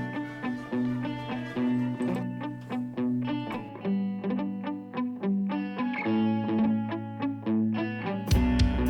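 A rock band from the area between Illescas and Getafe, Spain, plays a loud, driving instrumental passage: thick distorted guitars over a steady, punchy drumbeat, with a sudden crash and heavier low end near the end. No singing is heard.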